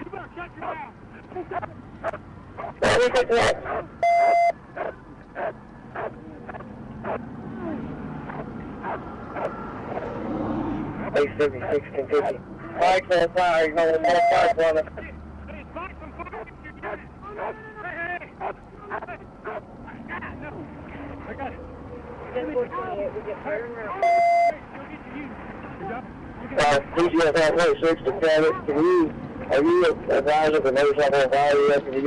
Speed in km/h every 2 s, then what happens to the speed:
0, 0, 0, 0, 0, 0, 0, 0, 0, 0, 0, 0, 0, 0, 0, 0.
0-32 standing.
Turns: none.